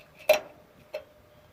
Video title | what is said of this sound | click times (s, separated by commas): Jeep Comanche - Part 2: Rear Brakes, Fuel Tank and Pump, Dana 35 Pinion Seal, Transfer Case Fluid | And then same deal on the backing plate. It just slides through and snaps into place. | 0.3 s